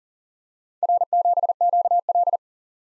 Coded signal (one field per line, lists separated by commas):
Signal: Morse code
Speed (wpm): 40 wpm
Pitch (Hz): 700 Hz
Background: none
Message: R7QL